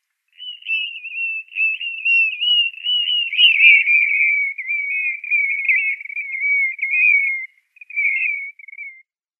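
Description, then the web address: Blue-naped mousebird calling in a long continuous warbling whistle, wavering up and down in pitch for about seven seconds, then a brief final phrase. "Schulze Peter Blue-naped Mousebird calls"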